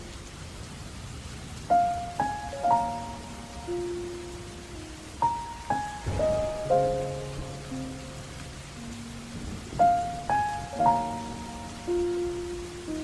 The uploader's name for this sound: Sad Piano & Soft Rain